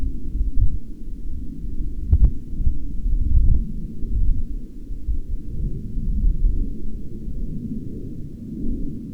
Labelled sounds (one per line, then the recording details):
wind
aircraft
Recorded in the Prudhoe Bay oil fields, Alaska, on 16 June 2019 at 18:35
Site 11